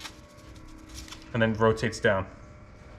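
A plastic MAP sensor harness extender for a Mercedes-Benz M276 carbon fiber intake is handled at the port on the intake tube, where its keying features match the aluminum bit inside. Faint handling noises are heard early on, then someone talks from about 1.3 to 2.3 seconds. Nothing has seated or clicked yet.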